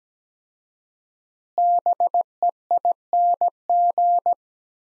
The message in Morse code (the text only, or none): BEING